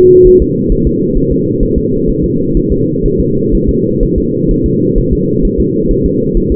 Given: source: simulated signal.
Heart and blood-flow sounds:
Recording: fetal heart sounds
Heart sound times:
0.27 s: S1
0.42 s: S2
0.72 s: S1
0.87 s: S2
1.17 s: S1
1.32 s: S2
1.63 s: S1
1.78 s: S2
2.09 s: S1
2.24 s: S2
2.57 s: S1
2.72 s: S2
3.06 s: S1
3.20 s: S2
3.55 s: S1
3.69 s: S2
4.03 s: S1
4.18 s: S2
4.51 s: S1
4.66 s: S2
4.98 s: S1
5.13 s: S2
5.45 s: S1
5.60 s: S2
5.91 s: S1
6.06 s: S2
6.37 s: S1
6.52 s: S2
From the record:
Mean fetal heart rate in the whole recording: 130 bpm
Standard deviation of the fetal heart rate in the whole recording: 4 bpm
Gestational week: 38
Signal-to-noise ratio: -11.2 dB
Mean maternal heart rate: 72 bpm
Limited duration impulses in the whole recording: present

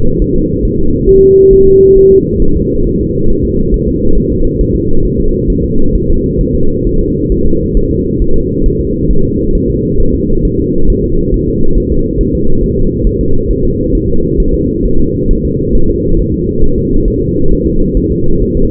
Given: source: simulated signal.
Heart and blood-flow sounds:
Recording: fetal heart sounds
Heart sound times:
0.22 s: S1
0.36 s: S2
0.65 s: S1
0.80 s: S2
1.09 s: S1
1.23 s: S2
1.53 s: S1
1.68 s: S2
1.98 s: S1
2.12 s: S2
2.42 s: S1
2.57 s: S2
2.86 s: S1
3.01 s: S2
3.30 s: S1
3.45 s: S2
3.74 s: S1
3.88 s: S2
4.17 s: S1
4.32 s: S2
4.61 s: S1
4.75 s: S2
5.05 s: S1
5.20 s: S2
5.50 s: S1
5.64 s: S2
5.95 s: S1
6.10 s: S2
6.41 s: S1
6.55 s: S2
6.87 s: S1
7.01 s: S2
7.32 s: S1
7.46 s: S2
7.77 s: S1
7.91 s: S2
8.22 s: S1
8.36 s: S2
8.66 s: S1
8.80 s: S2
9.11 s: S1
9.25 s: S2
9.55 s: S1
9.70 s: S2
10.00 s: S1
10.15 s: S2
10.45 s: S1
10.60 s: S2
10.90 s: S1
11.04 s: S2
11.34 s: S1
11.48 s: S2
11.77 s: S1
11.92 s: S2
12.21 s: S1
12.35 s: S2
12.64 s: S1
12.78 s: S2
13.07 s: S1
13.21 s: S2
13.50 s: S1
13.65 s: S2
13.95 s: S1
14.09 s: S2
14.40 s: S1
14.54 s: S2
14.85 s: S1
15.00 s: S2
15.30 s: S1
15.45 s: S2
15.75 s: S1
15.90 s: S2
16.19 s: S1
16.34 s: S2
16.63 s: S1
16.78 s: S2
17.08 s: S1
17.22 s: S2
17.52 s: S1
17.67 s: S2
17.97 s: S1
18.12 s: S2
18.42 s: S1
18.57 s: S2
From the record:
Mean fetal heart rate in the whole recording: 135 bpm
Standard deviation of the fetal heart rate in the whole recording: 3 bpm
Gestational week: 36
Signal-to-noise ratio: -19.1 dB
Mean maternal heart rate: 72 bpm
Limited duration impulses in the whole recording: present

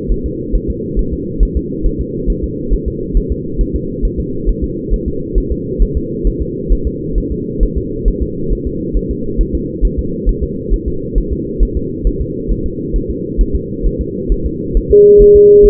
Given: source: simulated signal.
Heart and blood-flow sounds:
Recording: fetal heart sounds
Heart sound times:
0.11 s: S1
0.26 s: S2
0.55 s: S1
0.70 s: S2
0.99 s: S1
1.13 s: S2
1.43 s: S1
1.57 s: S2
1.86 s: S1
2.01 s: S2
2.30 s: S1
2.44 s: S2
2.73 s: S1
2.88 s: S2
3.17 s: S1
3.32 s: S2
3.61 s: S1
3.76 s: S2
4.05 s: S1
4.20 s: S2
4.49 s: S1
4.64 s: S2
4.93 s: S1
5.08 s: S2
5.38 s: S1
5.52 s: S2
5.82 s: S1
5.97 s: S2
6.27 s: S1
6.42 s: S2
6.72 s: S1
6.87 s: S2
7.18 s: S1
7.32 s: S2
7.63 s: S1
7.77 s: S2
8.08 s: S1
8.22 s: S2
8.53 s: S1
8.67 s: S2
8.97 s: S1
9.11 s: S2
9.41 s: S1
9.55 s: S2
9.85 s: S1
9.99 s: S2
10.29 s: S1
10.44 s: S2
10.74 s: S1
10.88 s: S2
11.18 s: S1
11.33 s: S2
11.63 s: S1
11.77 s: S2
12.07 s: S1
12.21 s: S2
12.51 s: S1
12.66 s: S2
12.96 s: S1
13.10 s: S2
13.41 s: S1
13.56 s: S2
13.86 s: S1
14.01 s: S2
14.32 s: S1
14.46 s: S2
14.77 s: S1
14.91 s: S2
15.22 s: S1
15.36 s: S2
15.66 s: S1
From the record:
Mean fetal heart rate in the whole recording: 135 bpm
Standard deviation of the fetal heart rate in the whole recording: 3 bpm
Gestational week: 36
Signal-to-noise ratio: -6.6 dB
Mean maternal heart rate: 72 bpm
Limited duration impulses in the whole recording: present

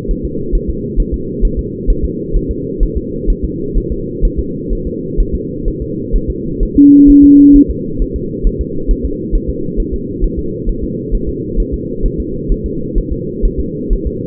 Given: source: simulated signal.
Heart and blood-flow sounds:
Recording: fetal heart sounds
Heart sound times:
0.11 s: S1
0.25 s: S2
0.55 s: S1
0.70 s: S2
1.00 s: S1
1.14 s: S2
1.45 s: S1
1.59 s: S2
1.90 s: S1
2.05 s: S2
2.36 s: S1
2.51 s: S2
2.83 s: S1
2.97 s: S2
3.30 s: S1
3.44 s: S2
3.78 s: S1
3.92 s: S2
4.25 s: S1
4.39 s: S2
4.73 s: S1
4.87 s: S2
5.20 s: S1
5.35 s: S2
5.68 s: S1
5.82 s: S2
6.16 s: S1
6.30 s: S2
6.63 s: S1
6.77 s: S2
7.10 s: S1
7.24 s: S2
7.56 s: S1
7.70 s: S2
8.02 s: S1
8.16 s: S2
8.47 s: S1
8.61 s: S2
8.91 s: S1
9.05 s: S2
9.35 s: S1
9.50 s: S2
9.80 s: S1
9.94 s: S2
10.24 s: S1
10.39 s: S2
10.69 s: S1
10.84 s: S2
11.15 s: S1
11.29 s: S2
11.60 s: S1
11.74 s: S2
12.06 s: S1
12.20 s: S2
12.52 s: S1
12.66 s: S2
12.98 s: S1
13.12 s: S2
13.45 s: S1
13.60 s: S2
13.93 s: S1
14.07 s: S2
From the record:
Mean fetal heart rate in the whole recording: 130 bpm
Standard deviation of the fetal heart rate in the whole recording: 4 bpm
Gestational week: 38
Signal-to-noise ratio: -6.6 dB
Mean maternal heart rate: 72 bpm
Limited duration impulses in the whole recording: present

